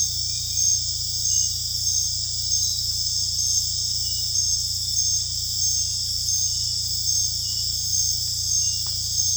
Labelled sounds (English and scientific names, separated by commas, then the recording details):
none
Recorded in secondary vegetation near Puerto Asís, Putumayo, Colombia, on 18 December 2024 at 21:00
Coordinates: 0.484, -76.319
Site GP06